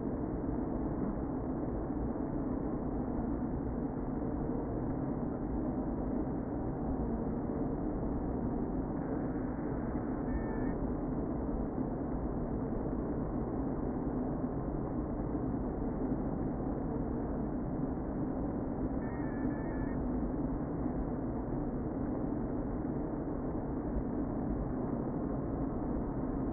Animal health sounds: honeybee colony, microphone inside the hive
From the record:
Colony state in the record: queen present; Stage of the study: before two queens were removed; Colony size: about 60,000 bees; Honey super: yes

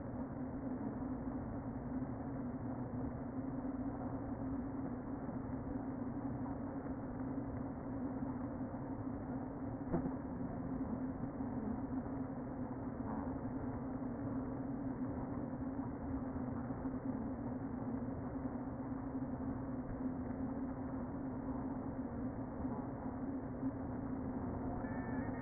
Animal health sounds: honeybee colony, microphone inside the hive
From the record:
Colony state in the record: queen present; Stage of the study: before two queens were removed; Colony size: about 60,000 bees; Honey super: yes

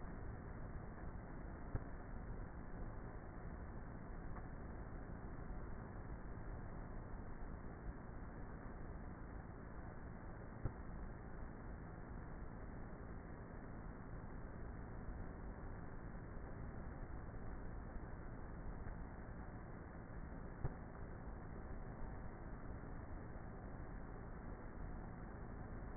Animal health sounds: honeybee colony, microphone inside the hive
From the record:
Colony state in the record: queenless with a low population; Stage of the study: before two queens were removed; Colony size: about 30,000 bees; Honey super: no

